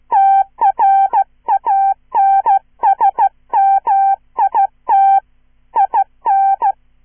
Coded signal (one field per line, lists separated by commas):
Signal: Morse code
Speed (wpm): 15 wpm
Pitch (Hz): 780 Hz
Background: none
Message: TRANSMIT IN